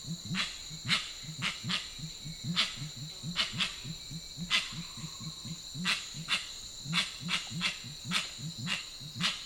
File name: Grey winged trumpeter